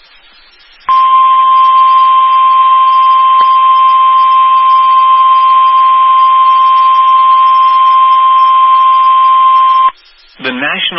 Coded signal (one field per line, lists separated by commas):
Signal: Emergency Alert System (SAME) tones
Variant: 1050 Hz attention tone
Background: speech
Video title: AR SVR EAS #12